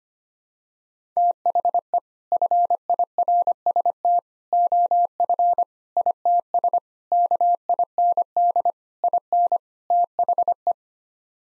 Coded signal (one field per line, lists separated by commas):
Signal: Morse code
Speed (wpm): 25 wpm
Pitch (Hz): 700 Hz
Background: none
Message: THE FIRST OF ITS KIND IN THE